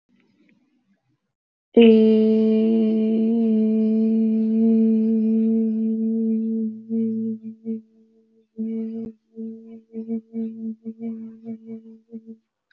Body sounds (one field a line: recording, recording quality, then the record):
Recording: sustained vowel as in made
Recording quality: excellent, no background noise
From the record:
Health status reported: healthy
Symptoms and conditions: none ticked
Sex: female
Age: 22 years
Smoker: not ticked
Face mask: not worn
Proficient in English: yes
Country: India